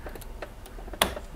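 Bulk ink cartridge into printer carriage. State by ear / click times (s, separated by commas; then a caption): seated / 1.0 s. A bulk-ink plastic cartridge is pressed firmly down into an Epson printer carriage, with a few faint ticks before a sharp, loud click at 1.0 s as it snaps into place. The cartridge is seated.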